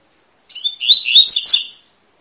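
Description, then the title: Double-collared seedeater song, a quick warbled phrase of sliding notes ending in sharp bright twitters. Tui-tui song with fibra quality, a tutor song for teaching young birds. "COLEIRO TUI TUI FIBRA"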